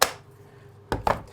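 A cordless battery pack is dropped back into the handle of a Grako Ultra Handheld Airless paint spray gun, seating with a loud, hard knock at 0.0 s. Two further softer knocks follow at about 0.9 s and 1.1 s, and the pack ends up sitting firmly in place.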